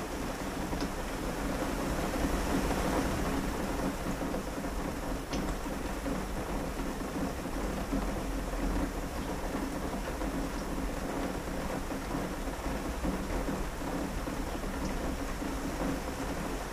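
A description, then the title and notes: Steady midday rain falls in a dense, even hiss that holds at one level for the whole stretch, with a low rumbling roar underneath. Occasional sharper ticks stand out from the wash, around five seconds and again near fifteen. Midday Rain and Windows.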